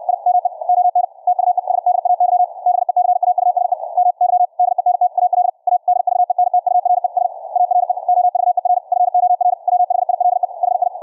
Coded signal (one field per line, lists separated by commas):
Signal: Morse code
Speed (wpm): 64 wpm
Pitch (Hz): 720 Hz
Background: none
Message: I ME ON TUESDAY BECAUSE MY DENTAL ADVENTURES ARE OVER FOR WHILE HI